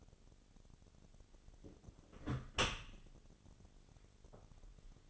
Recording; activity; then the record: daily activity, microphone in the room; close dishwasher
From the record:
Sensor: 4